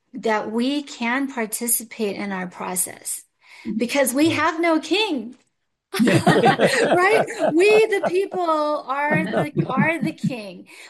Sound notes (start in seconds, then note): 5.9 laughs; 9.0 laughs